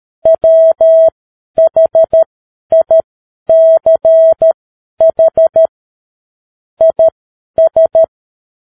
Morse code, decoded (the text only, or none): WHICH IS